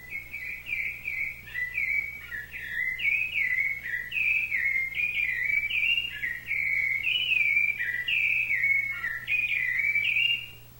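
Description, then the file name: Thrush song: a continuous run of clear whistled, warbling phrases, each slurring up and down, filling nearly the whole stretch over a faint steady low hum. "SABIA"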